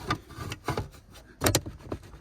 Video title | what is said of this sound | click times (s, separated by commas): 2021+ Ford Bronco rear cup holder install | there we go kind of has to click into place in the magnet a little bit but overall pretty | 1.5 s, 1.6 s